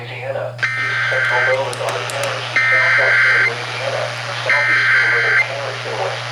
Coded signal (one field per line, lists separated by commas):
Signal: Emergency Alert System (SAME) tones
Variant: header bursts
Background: speech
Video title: Flash Flood Warning Including AM relay! (EAS #178-179)